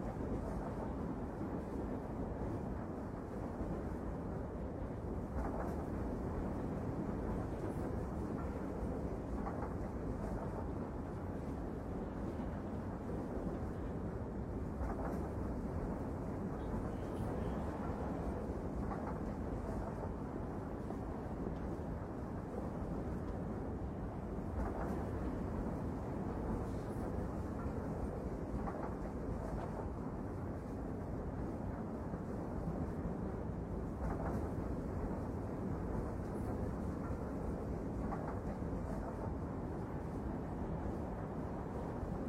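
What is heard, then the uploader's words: A train rumbles along steadily, its deep, heavy roar filling the low end without letup. Faint clicks and knocks surface every few seconds, like wheels passing rail joints, over a dense, constant hum that stays even throughout. Lazy and wonderful train journey. The pleasant sound of the train.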